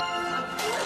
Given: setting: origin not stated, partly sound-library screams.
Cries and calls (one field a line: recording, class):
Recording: one-second piece from a danger detection set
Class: woman in danger